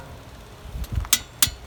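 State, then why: Torque reached. A click-type torque wrench is turned on the other hub bearing bolt of a Chevy Volt during a bearing hub replacement. Low, soft ratcheting and turning noise builds from about 0.7 s, then two sharp metallic clicks ring out at 1.1 s and 1.4 s. The wrench clicks at its setting, confirming the bolt has reached torque.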